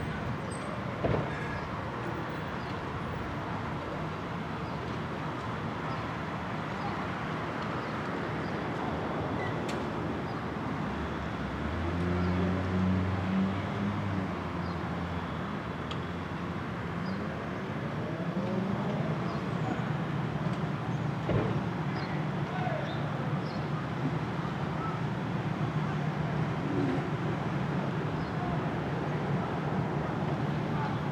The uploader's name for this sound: Ext, Brooklyn Roof